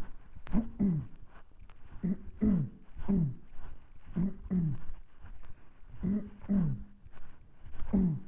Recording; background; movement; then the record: throat clearing; quiet; walking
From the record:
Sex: male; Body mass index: 20.5 kg/m2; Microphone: on the chest, facing the body